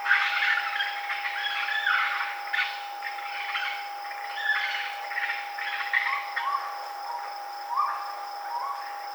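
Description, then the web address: Raccoon squealing and chittering, harsh broken bursts mixed with short whining notes that rise and fall, over a steady background tone. Recorded on 22 June 2007. "Raccoon 2007 06 22"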